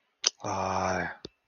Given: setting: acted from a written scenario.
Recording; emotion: vocal sound without words; sympathy